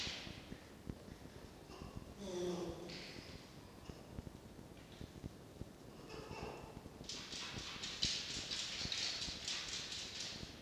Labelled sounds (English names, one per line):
Red Fox